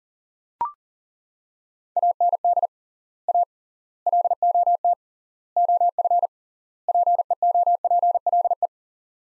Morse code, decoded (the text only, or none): AND A LOT OF PEOPLE